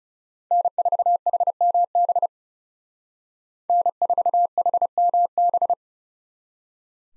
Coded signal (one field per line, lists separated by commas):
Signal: Morse code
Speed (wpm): 34 wpm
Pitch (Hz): 700 Hz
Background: none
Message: N4HMB N4HMB